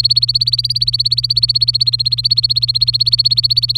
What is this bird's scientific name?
Serinus canaria